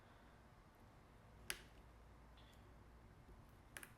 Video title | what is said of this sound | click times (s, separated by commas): How to Repair a Dell Chromebook 3120 | both of those are clip back into place and | 1.5 s, 3.8 s